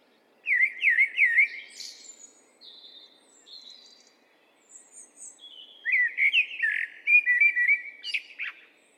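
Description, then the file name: Eurasian blackbird song: a repeated rolling fluted motif, soft high twittering, then a second, more complex warbled phrase ending in a sharp squeak. "Turdus merula"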